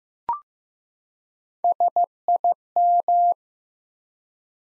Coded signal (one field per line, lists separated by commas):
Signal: Morse code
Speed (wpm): 15 wpm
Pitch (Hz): 700 Hz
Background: none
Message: SIM